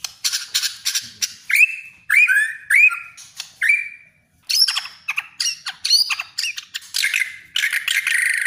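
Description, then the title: Oriental magpie-robin song with rising whistled slurs, scratchy buzzy bursts and quick repeated notes, one brief pause midway, then dense chattering phrases. "kacer"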